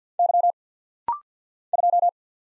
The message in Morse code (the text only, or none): Y 2